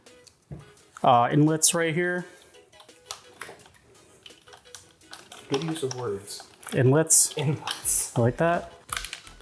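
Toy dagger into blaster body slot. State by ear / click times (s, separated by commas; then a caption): seated / 8.9 s. A plastic Power Ranger dagger is pushed into the small inlets on the underside of a vintage 90s Bandai Mighty Morphin Power Rangers Power Blaster toy while someone talks. Light plastic taps and handling sounds come between the words, and the dagger snaps into place with a sharp click at 8.9 s, seated.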